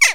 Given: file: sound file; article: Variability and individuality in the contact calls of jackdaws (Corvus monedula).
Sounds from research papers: jackdaw call; harmonic

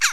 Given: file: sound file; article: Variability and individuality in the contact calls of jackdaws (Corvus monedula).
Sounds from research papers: jackdaw call; harmonic

